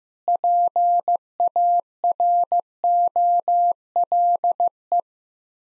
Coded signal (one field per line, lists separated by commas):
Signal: Morse code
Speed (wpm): 15 wpm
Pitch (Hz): 700 Hz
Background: none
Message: PAROLE